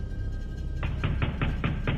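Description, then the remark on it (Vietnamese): Heavy, booming bangs pound on a door, six in a steady rhythm after a short quiet start, each hit deep and loud over a low rumbling background. “Chợt những tiếng đập cửa rầm rầm vang lên.”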